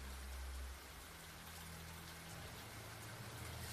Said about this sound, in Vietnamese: Giờ học buổi chiều, cơn mưa vẫn chưa ngớt, bầu trời tối sầm lại, sấm chớp vẫn liên tục. Tiếng sấm khiến cho tiết học bị gián đoạn. Ngồi bên cửa sổ, Lý nhìn ra bên ngoài cơn mưa nặng hạt.